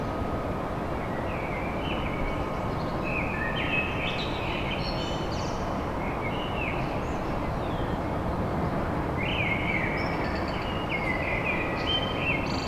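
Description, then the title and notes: Common blackbird song, several rich fluty phrases in quick succession, each tailing off in high scratchy twitters, against continuous low-pitched urban rumble. Blackbird song recorded at dawn in Paris. "Blackbird Poetry At Paris. Enregistrement d'un chant de merle à l'aube dans Paris"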